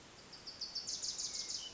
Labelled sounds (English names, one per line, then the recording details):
Wilson's Warbler
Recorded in Sonoma County, California